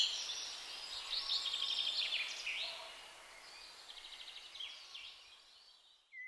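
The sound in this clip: Blackbird song: squeaky high twitters and short trills that trail off into quieter chatter, with a steady background hiss.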